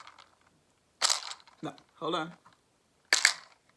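A hinged snap lid on a compartment of a plastic pill or vitamin organizer is pressed closed and pops shut with sharp clicks at 3.1 and 3.3 seconds, after a rustly handling burst around 1.0 seconds and brief talking. The pop is made audible on purpose to contrast it with a case whose lid makes no sound, and the lid ends up seated.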